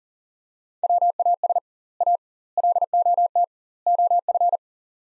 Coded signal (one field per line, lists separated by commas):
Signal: Morse code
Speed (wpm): 40 wpm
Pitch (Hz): 700 Hz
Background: none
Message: WAS A LOT OF